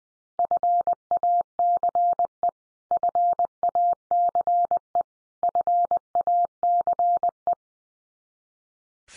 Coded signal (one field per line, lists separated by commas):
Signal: Morse code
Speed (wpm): 19 wpm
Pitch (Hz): 700 Hz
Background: none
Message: FACE FACE FACE